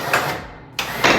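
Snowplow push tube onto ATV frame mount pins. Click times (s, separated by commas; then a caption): 0.8 s. A snowplow's steel push tube is winched onto the frame mount pins of a 2024 Can-Am Outlander 500/700 ATV. After a smaller knock at 0.1 s and a quieter stretch, a sharp clunk at 0.8 s marks the push tube's jaws locking onto the frame pins, followed by continued mechanical noise.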